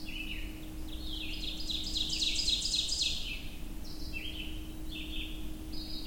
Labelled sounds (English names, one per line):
Ovenbird song